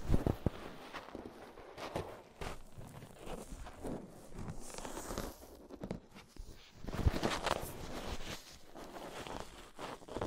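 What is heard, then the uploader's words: Scraping at the inner and outer ear: dense, rustling friction with short crackling strokes that come irregularly throughout. A few sharper scratches and thumps stand out, notably near two seconds and around seven seconds, with busier, louder scraping in the later half. Inner and Outer Ear Scraping (No Talking).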